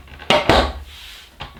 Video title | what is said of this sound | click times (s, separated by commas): New Table, Baking a Cake And Home Bargains Haul | and that's that's clicked in place | 0.3 s